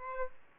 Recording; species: mosquito wingbeat signal from an infrared sensor; Aedes albopictus